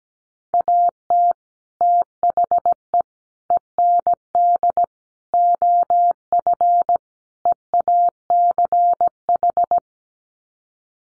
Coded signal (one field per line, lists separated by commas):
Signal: Morse code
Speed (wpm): 17 wpm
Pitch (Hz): 700 Hz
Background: none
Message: AT THE END OF EACH